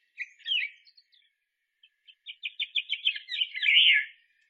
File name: Canto do tentilhao azul da gran canaria